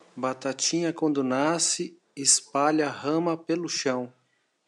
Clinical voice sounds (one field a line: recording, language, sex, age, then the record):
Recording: short text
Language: Brazilian Portuguese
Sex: male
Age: 40 to 49 years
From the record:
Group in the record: control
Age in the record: 48 years